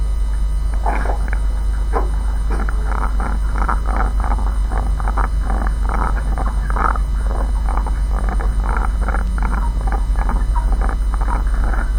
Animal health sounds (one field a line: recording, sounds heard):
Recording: poultry house recording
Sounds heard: sick chickens (respiratory disease)